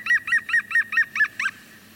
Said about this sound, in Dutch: Ik herken weinig vogelgeluiden, maar de lach van de groene specht kan je niet ontgaan. Ja, die groene specht, als je die hoort, dan heb je echt een mooie dag.